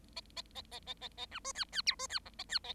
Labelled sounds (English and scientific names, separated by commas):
Bengalese Finch (Lonchura striata domestica) song